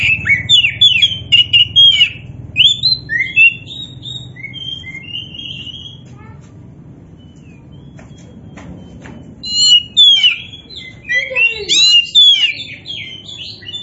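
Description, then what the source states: Oriental magpie-robin with a long, lively song of fast varied whistles and chattering notes, a pause of several seconds, then another energetic outburst. Kacer poci variety of Oriental magpie-robin, singing vigorously (gacor).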